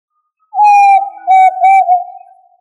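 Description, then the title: Tinamou giving a long, pure, low whistle that holds its pitch for about two seconds, quivering slightly and tapering off softly. Tinamou family, also labelled as quail. "Familia Tinamidae - Quail - Puyuh"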